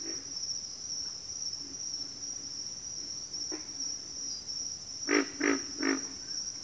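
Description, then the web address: Pig frog call, three deep grunts close together near the end after faint earlier ones, over a continuous shrill cricket drone. Pig frogs calling with crickets. "Sleep Sounds of Nature. Pig Frogs"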